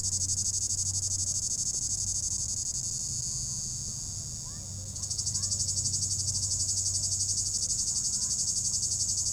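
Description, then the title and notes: Cicada song, a shrill pulsing buzz that dips quieter partway through and then resumes strongly, over a low hum. In an apple tree atop the Côte de Groisin, Chindrieux, France; 32°; recorded with a Zoom H4n Pro, preamp level 100. "3029 Rte d'Aix, 73310 Chindrieux, France - cigale. Cigale dans un pommier au sommet de la côte de groisin, il fait 32°"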